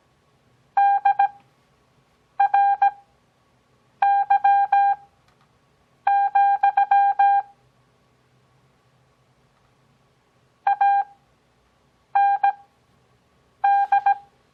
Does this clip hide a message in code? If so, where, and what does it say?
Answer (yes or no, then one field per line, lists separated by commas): yes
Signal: Morse code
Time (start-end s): 0.8-14.1 s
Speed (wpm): 17 wpm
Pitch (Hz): 800 Hz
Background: none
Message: DRY, AND